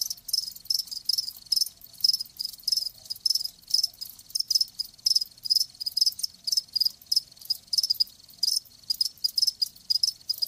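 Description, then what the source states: Crickets chirping in rhythmic high-pitched pulse trains, bursts repeating steadily with small gaps. Live crickets chirping, as a sleep sound.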